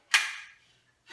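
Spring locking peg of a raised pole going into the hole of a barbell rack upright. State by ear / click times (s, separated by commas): not seated / none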